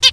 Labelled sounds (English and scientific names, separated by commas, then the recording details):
Zebra Finch (Taeniopygia guttata) hat call
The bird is a female
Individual fem8